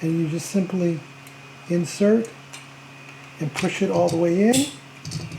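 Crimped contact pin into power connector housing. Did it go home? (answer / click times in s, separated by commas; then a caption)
yes / 5.0 s, 5.1 s. Someone talks while a crimped contact pin on heavy battery cable is pushed all the way into a two-pole plastic power connector housing, part of a Toyota Prius home emergency generator setup. Two quick clicks at about 5.1 s mark the pin locking into place, and the contact is seated.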